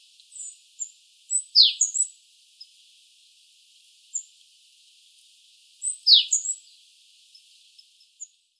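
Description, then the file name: Eurasian blue tit calls, two sharp high downslurred notes about four and a half seconds apart, each with a few short thin chips around them; otherwise quiet. "Cyanistes caeruleus"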